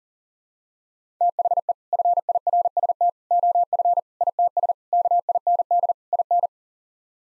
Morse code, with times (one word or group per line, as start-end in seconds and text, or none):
1.2-1.7 THE
1.9-3.1 FIRST
3.3-4.0 OF
4.2-4.7 ITS
4.9-5.9 KIND
6.1-6.5 IN